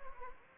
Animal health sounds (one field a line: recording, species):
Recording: mosquito wingbeat signal from an infrared sensor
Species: Anopheles gambiae